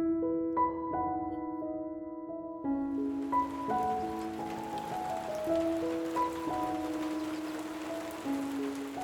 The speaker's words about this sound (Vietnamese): Cơn mưa rả rích kéo dài đã mấy ngày nay khiến cho bà Hiền không tài nào gánh hàng ra chợ bán được.